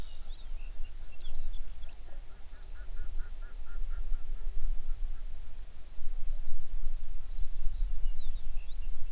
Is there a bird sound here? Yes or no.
yes